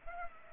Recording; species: mosquito wingbeat signal from an infrared sensor; Culex pipiens